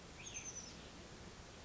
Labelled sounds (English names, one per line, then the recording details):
Oak Titmouse
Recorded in Sonoma County, California